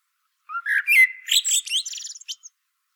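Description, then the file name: Common blackbird delivering a low, flute-like warble that breaks into a rapid, high, scratchy twitter at the end of the phrase. "Turdus merula"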